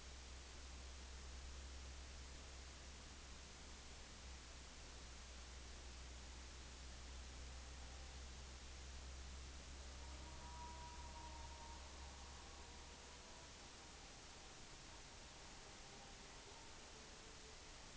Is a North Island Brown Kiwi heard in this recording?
no